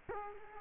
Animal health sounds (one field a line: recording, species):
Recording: mosquito wingbeat signal from an infrared sensor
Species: Culex quinquefasciatus